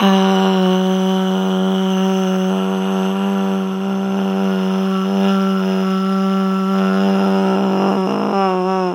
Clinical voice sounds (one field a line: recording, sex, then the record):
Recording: sustained vowel /a/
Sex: female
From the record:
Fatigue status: no fatigue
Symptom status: symptomatic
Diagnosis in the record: COVID-19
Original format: m4a